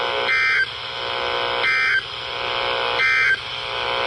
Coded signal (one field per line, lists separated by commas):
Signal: Emergency Alert System (SAME) tones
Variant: end-of-message bursts